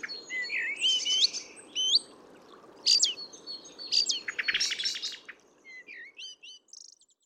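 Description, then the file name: Eurasian blackbird singing a run of twisting whistled notes and rapid twitters, growing quieter toward the end, over a low steady hiss. "Turdus merula"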